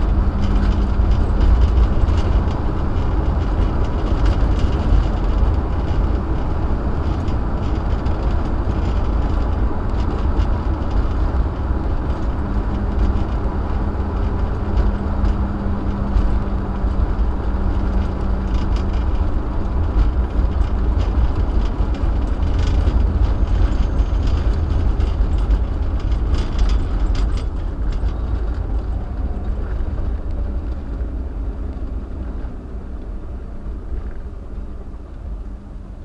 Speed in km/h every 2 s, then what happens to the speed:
68, 68, 69, 72, 72, 69, 68, 68, 64, 63, 58, 53, 45, 40, 31, 23, 18, 15.
0-9 steady at about 69. 9-36 slows to 15.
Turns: none.